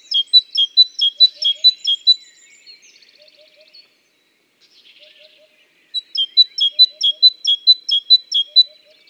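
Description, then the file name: Great tit song: strident see-saw two-note phrases repeated briskly, a brief quiet gap with soft twittering, then another repeated run; faint low triple notes recur. "Parus major"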